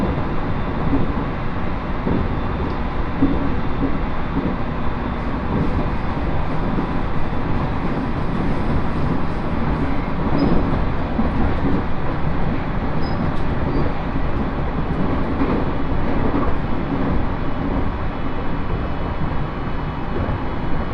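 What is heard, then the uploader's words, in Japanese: Steady low rumble inside a moving train carriage, with constant wheel and track noise, faint clicks, and a muffled crowded-car background throughout. 耳で楽しむ鉄道旅 羽越本線 羽後本荘→秋田。今度は桂根駅を通過する列車なので１つ停車駅が少なくなります。羽後本荘で沢山乗車しているので車内が混雑しています。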